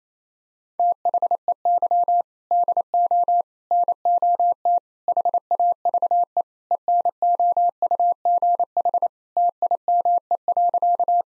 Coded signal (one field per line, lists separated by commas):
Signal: Morse code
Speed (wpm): 28 wpm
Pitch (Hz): 700 Hz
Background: none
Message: THEY DO NOT HAVE ENOUGH TIME.